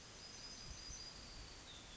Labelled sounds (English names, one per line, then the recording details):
Yellowhammer song
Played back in forest
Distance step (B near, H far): F
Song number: 110